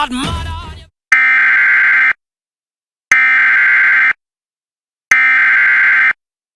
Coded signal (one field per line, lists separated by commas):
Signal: Emergency Alert System (SAME) tones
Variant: header bursts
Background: speech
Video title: US Emergency Alert Systems 2026 (part 6)